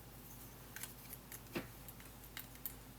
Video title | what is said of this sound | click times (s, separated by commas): LEGO Creator 2024 Mythical Pegasus 40691 GWP Complete Build & Review | go right here trying to show you here snaps right in place | 2.7 s